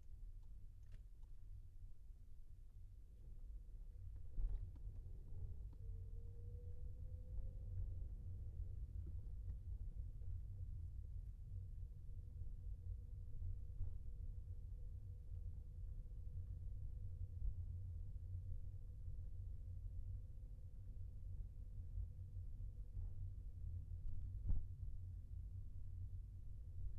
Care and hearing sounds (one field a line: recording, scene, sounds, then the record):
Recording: everyday scene through a hearing-aid microphone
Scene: in a vehicle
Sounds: engine, rumble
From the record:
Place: Skoda Fabia, gasoline engine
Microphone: behind the ear, left, rear